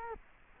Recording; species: mosquito wingbeat signal from an infrared sensor; Culex quinquefasciatus